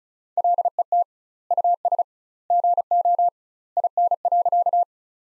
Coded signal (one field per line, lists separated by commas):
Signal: Morse code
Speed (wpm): 36 wpm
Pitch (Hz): 700 Hz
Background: none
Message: LET US GO IN.